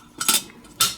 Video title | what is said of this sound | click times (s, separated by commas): Fire Maple 1.2 Liter Stainless Steel Bush Pot - Excellent! | two and now the lid is locked in place | 0.3 s, 0.8 s